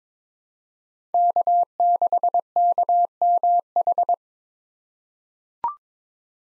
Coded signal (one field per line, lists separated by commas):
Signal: Morse code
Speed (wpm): 22 wpm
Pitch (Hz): 700 Hz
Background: none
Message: K6KMH